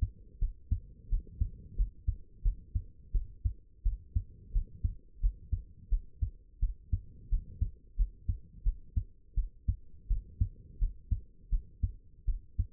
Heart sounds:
heart sounds by stethoscope; 86 bpm
0.39 s: heartbeat
1.09 s: heartbeat
1.76 s: heartbeat
2.43 s: heartbeat
3.12 s: heartbeat
3.84 s: heartbeat
4.53 s: heartbeat
5.21 s: heartbeat
5.90 s: heartbeat
6.60 s: heartbeat
7.30 s: heartbeat
7.96 s: heartbeat
8.64 s: heartbeat
9.35 s: heartbeat
10.08 s: heartbeat
10.79 s: heartbeat
11.50 s: heartbeat
12.26 s: heartbeat
From the record:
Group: healthy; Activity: cold pressor test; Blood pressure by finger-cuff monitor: 76/41 mmHg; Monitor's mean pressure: 55 mmHg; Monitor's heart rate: 85 bpm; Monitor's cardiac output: 8.5 L/min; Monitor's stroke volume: 102 mL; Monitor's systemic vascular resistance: 440 dyn s/cm5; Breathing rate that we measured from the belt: 20 breaths a minute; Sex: female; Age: 22 years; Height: 161 cm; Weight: 65.5 kg

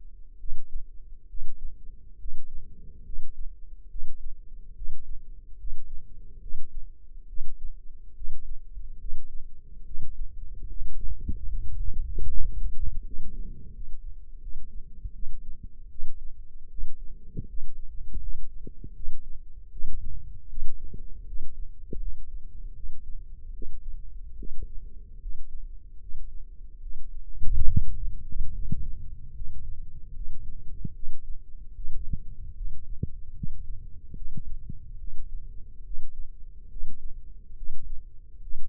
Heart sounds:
heart sounds by microphone in the left ear; 74 bpm
0.38 s: heartbeat
1.28 s: heartbeat
2.18 s: heartbeat
3.04 s: heartbeat
3.89 s: heartbeat
4.74 s: heartbeat
5.57 s: heartbeat
6.40 s: heartbeat
7.27 s: heartbeat
8.14 s: heartbeat
8.98 s: heartbeat
9.84 s: heartbeat
10.67 s: heartbeat
11.48 s: heartbeat
12.27 s: heartbeat
13.03 s: heartbeat
13.72 s: heartbeat
14.40 s: heartbeat
15.13 s: heartbeat
15.89 s: heartbeat
16.69 s: heartbeat
17.47 s: heartbeat
18.19 s: heartbeat
18.94 s: heartbeat
19.70 s: heartbeat
20.48 s: heartbeat
21.25 s: heartbeat
21.99 s: heartbeat
22.74 s: heartbeat
23.52 s: heartbeat
24.37 s: heartbeat
25.19 s: heartbeat
25.99 s: heartbeat
26.80 s: heartbeat
27.65 s: heartbeat
28.52 s: heartbeat
29.34 s: heartbeat
30.13 s: heartbeat
30.93 s: heartbeat
31.74 s: heartbeat
32.54 s: heartbeat
33.34 s: heartbeat
34.15 s: heartbeat
34.98 s: heartbeat
35.83 s: heartbeat
36.69 s: heartbeat
37.55 s: heartbeat
38.41 s: heartbeat
From the record:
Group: healthy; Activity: rest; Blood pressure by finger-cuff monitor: 138/87 mmHg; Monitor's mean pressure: 106 mmHg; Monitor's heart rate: 75 bpm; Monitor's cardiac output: 5.6 L/min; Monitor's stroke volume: 75 mL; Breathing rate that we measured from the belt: 17 breaths a minute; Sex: male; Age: 35 years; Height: 178 cm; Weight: 64 kg

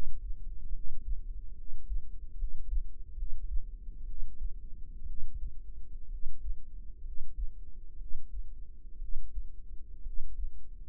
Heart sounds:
heart sounds by microphone in the right ear; 64 bpm
0.69 s: heartbeat
1.53 s: heartbeat
2.34 s: heartbeat
3.13 s: heartbeat
4.04 s: heartbeat
5.04 s: heartbeat
6.06 s: heartbeat
7.00 s: heartbeat
7.95 s: heartbeat
8.96 s: heartbeat
10.00 s: heartbeat
From the record:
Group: healthy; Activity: rest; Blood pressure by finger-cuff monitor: 110/72 mmHg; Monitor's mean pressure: 84 mmHg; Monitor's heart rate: 64 bpm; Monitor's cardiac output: 5.4 L/min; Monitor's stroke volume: 80 mL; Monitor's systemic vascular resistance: 1140 dyn s/cm5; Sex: female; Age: 22 years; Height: 171 cm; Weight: 65.6 kg

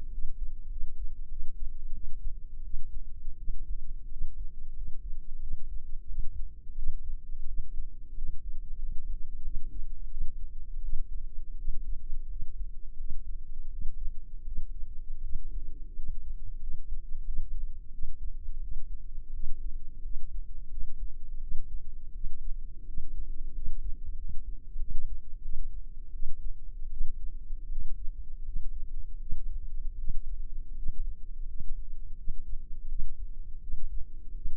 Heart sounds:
heart sounds by microphone in the left ear; 86 bpm
0.09 s: heartbeat
0.68 s: heartbeat
1.27 s: heartbeat
1.91 s: heartbeat
2.61 s: heartbeat
3.35 s: heartbeat
4.07 s: heartbeat
4.72 s: heartbeat
5.38 s: heartbeat
6.05 s: heartbeat
6.74 s: heartbeat
7.44 s: heartbeat
8.13 s: heartbeat
8.77 s: heartbeat
9.41 s: heartbeat
10.08 s: heartbeat
10.80 s: heartbeat
11.55 s: heartbeat
12.27 s: heartbeat
12.95 s: heartbeat
13.67 s: heartbeat
14.43 s: heartbeat
15.20 s: heartbeat
15.93 s: heartbeat
16.58 s: heartbeat
17.24 s: heartbeat
17.90 s: heartbeat
18.59 s: heartbeat
19.31 s: heartbeat
20.01 s: heartbeat
20.67 s: heartbeat
21.39 s: heartbeat
22.11 s: heartbeat
22.84 s: heartbeat
23.52 s: heartbeat
24.15 s: heartbeat
24.77 s: heartbeat
25.41 s: heartbeat
26.11 s: heartbeat
26.89 s: heartbeat
27.67 s: heartbeat
28.42 s: heartbeat
29.18 s: heartbeat
29.95 s: heartbeat
30.73 s: heartbeat
31.45 s: heartbeat
32.14 s: heartbeat
32.86 s: heartbeat
33.59 s: heartbeat
34.32 s: heartbeat
From the record:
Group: healthy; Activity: cold pressor test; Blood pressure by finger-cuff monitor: 120/75 mmHg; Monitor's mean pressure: 94 mmHg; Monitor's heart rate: 86 bpm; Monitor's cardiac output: 7.2 L/min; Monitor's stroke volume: 83 mL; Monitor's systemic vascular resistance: 970 dyn s/cm5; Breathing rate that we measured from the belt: 16 breaths a minute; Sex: female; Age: 24 years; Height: 163 cm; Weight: 55.7 kg

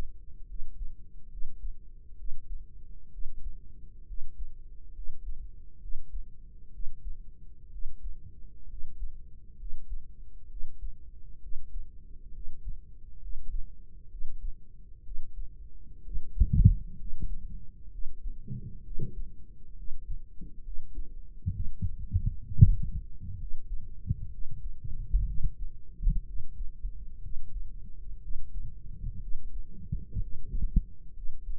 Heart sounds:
heart sounds by microphone in the right ear; 65 bpm
0.44 s: heartbeat
1.27 s: heartbeat
2.14 s: heartbeat
3.08 s: heartbeat
4.03 s: heartbeat
4.91 s: heartbeat
5.77 s: heartbeat
6.69 s: heartbeat
7.68 s: heartbeat
8.65 s: heartbeat
9.55 s: heartbeat
10.46 s: heartbeat
11.38 s: heartbeat
12.30 s: heartbeat
13.17 s: heartbeat
14.06 s: heartbeat
15.01 s: heartbeat
16.00 s: heartbeat
16.94 s: heartbeat
17.88 s: heartbeat
18.80 s: heartbeat
19.72 s: heartbeat
20.60 s: heartbeat
21.49 s: heartbeat
22.41 s: heartbeat
23.35 s: heartbeat
24.27 s: heartbeat
25.23 s: heartbeat
26.23 s: heartbeat
27.18 s: heartbeat
28.18 s: heartbeat
29.17 s: heartbeat
30.17 s: heartbeat
31.11 s: heartbeat
From the record:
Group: healthy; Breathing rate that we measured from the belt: 16 breaths a minute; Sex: female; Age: 23 years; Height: 160 cm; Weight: 50.4 kg

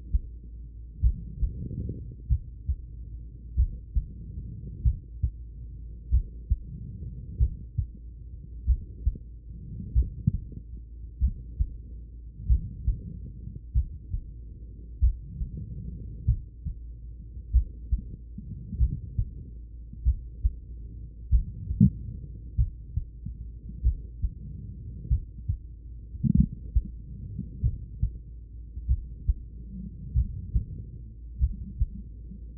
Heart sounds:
heart sounds by stethoscope; 47 bpm
1.00 s: heartbeat
2.27 s: heartbeat
3.55 s: heartbeat
4.82 s: heartbeat
6.09 s: heartbeat
7.37 s: heartbeat
8.65 s: heartbeat
9.92 s: heartbeat
11.19 s: heartbeat
12.46 s: heartbeat
13.72 s: heartbeat
14.99 s: heartbeat
16.25 s: heartbeat
17.51 s: heartbeat
18.77 s: heartbeat
20.03 s: heartbeat
21.29 s: heartbeat
22.55 s: heartbeat
23.81 s: heartbeat
25.08 s: heartbeat
26.34 s: heartbeat
27.61 s: heartbeat
28.86 s: heartbeat
30.13 s: heartbeat
31.39 s: heartbeat
From the record:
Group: heart failure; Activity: rest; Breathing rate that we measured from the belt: 21 breaths a minute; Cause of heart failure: idiopathic cardiomyopathy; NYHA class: 2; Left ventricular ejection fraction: 53%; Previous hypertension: present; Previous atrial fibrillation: present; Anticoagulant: apixaban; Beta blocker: bisoprolol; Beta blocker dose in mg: 2.5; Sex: female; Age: 67 years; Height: 150 cm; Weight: 81 kg

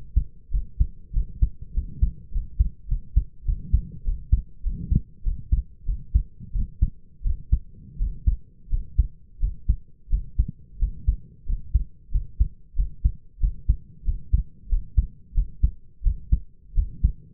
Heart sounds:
heart sounds by stethoscope; 92 bpm
0.51 s: heartbeat
1.13 s: heartbeat
1.73 s: heartbeat
2.31 s: heartbeat
2.88 s: heartbeat
3.45 s: heartbeat
4.04 s: heartbeat
4.63 s: heartbeat
5.23 s: heartbeat
5.86 s: heartbeat
6.53 s: heartbeat
7.23 s: heartbeat
7.98 s: heartbeat
8.69 s: heartbeat
9.40 s: heartbeat
10.09 s: heartbeat
10.79 s: heartbeat
11.45 s: heartbeat
12.11 s: heartbeat
12.75 s: heartbeat
13.40 s: heartbeat
14.04 s: heartbeat
14.68 s: heartbeat
15.34 s: heartbeat
16.03 s: heartbeat
16.74 s: heartbeat
From the record:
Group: healthy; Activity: rest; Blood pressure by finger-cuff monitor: 109/65 mmHg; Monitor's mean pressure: 77 mmHg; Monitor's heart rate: 94 bpm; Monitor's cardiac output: 6.7 L/min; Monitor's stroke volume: 71 mL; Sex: male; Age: 22 years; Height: 181 cm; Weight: 60 kg

